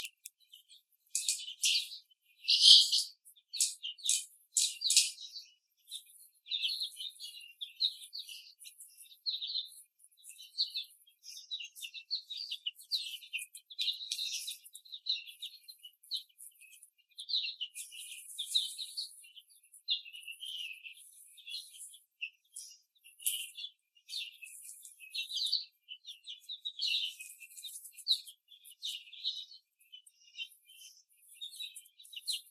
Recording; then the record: young laying hens in a cage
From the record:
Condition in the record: after the stressor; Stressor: simulated dog barking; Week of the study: 3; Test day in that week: 1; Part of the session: 4